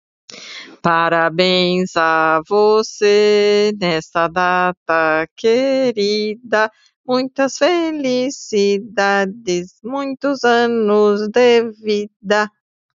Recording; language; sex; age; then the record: short text; Brazilian Portuguese; female; 60 to 69 years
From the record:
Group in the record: control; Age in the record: 60 years